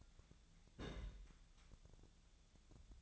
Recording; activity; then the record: daily activity, microphone in the room; place on stove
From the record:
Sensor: 3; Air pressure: 999.9 hPa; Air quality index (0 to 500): 125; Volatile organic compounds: 2 ppm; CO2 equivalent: 1119 ppm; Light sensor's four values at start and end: 40/100/43/48 and 40/102/43/48